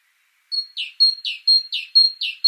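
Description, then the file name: Great tit song: a clear high whistle followed by a lower buzzy note, the two-note phrase repeated about four times in quick succession against a quiet background. "Parus major"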